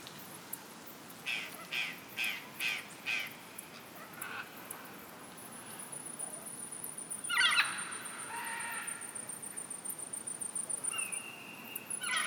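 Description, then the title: Macaw harsh, raspy squawks: a quick series of five early on, then a louder grating call midway, with a thin, steady high tone. Soundscape recorded 17 September 2015 near Bonito, southern Pantanal, Brazil. "Danse des aras, à Bonito (BR)"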